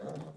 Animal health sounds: pig call; piglet (1 to 25 days)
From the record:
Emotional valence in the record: negative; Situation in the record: long isolation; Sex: male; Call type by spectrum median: low-frequency call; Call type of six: low-frequency stable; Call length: 0.36 s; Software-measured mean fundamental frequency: 51 Hz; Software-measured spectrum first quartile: 191 Hz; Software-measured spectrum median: 401 Hz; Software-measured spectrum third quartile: 638 Hz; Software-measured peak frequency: 162 Hz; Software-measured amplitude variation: 133 dB a second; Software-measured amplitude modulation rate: 24.8 a second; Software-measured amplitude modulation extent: 5.4 dB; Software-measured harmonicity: 1.2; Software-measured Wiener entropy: -0.10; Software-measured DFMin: 1258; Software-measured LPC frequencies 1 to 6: 539, 2571, 3566, 5396, 6466, 7278 Hz

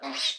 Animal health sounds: pig call; piglet (1 to 25 days)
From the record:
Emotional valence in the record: negative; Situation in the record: restrain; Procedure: in the arms of a person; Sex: female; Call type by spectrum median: high-frequency call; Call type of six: low-frequency tonal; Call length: 0.39 s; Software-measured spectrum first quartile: 1984 Hz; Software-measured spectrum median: 3552 Hz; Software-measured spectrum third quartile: 4342 Hz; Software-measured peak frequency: 3869 Hz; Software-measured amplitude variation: 129 dB a second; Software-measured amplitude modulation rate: 16.8 a second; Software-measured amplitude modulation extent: 7.7 dB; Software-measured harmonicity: 1.5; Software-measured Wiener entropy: -1.91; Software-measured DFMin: 854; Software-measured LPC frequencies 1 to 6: 770, 2212, 3091, 3842, 5133, 7639 Hz

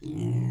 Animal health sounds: pig call; weaner (32 to 43 days)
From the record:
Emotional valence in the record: negative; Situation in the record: long isolation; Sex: female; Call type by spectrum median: low-frequency call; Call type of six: low-frequency stable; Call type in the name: low-frequency stable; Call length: 0.50 s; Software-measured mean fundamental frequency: 57 Hz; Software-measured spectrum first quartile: 124 Hz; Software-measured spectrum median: 166 Hz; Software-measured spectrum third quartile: 305 Hz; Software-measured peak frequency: 132 Hz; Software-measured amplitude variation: 110 dB a second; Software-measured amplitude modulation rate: 32.7 a second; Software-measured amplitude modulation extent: 3.4 dB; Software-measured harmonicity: 2.9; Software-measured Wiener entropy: -0.39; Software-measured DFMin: 1104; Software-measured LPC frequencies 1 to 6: 222, 2076, 2900, 6588, 7202, 8018 Hz

